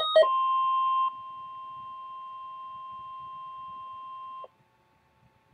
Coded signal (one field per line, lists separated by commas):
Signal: Emergency Alert System (SAME) tones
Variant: 1050 Hz attention tone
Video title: Severe Thunderstorm Warning (EAS Alert #962)